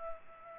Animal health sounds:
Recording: mosquito wingbeat signal from an infrared sensor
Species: Culex pipiens

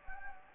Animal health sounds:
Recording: mosquito wingbeat signal from an infrared sensor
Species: Anopheles gambiae

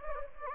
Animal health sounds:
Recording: mosquito wingbeat signal from an infrared sensor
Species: Anopheles gambiae

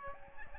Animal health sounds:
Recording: mosquito wingbeat signal from an infrared sensor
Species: Aedes albopictus

